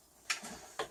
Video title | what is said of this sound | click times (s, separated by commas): Apple G5 Re Build Into New Chassis | and it clicks into place on this back rack. | 0.3 s, 0.8 s